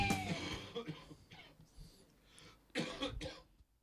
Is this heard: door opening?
no